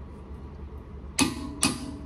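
A click-type torque wrench set to 80 ft-lb tightens a brake caliper bracket bolt on a Honda Del Sol (92-00 Civic) until it clicks. A sharp click sounds at 1.2 s, followed by a second sharp click at 1.6 s over a low background hum. The wrench reaches its setting, and the bolt is confirmed properly torqued and snug.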